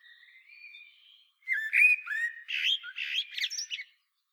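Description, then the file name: Common blackbird: a soft drawn-out whistle, then a louder run of mellow warbling and scratchy twittering notes. "Turdus merula"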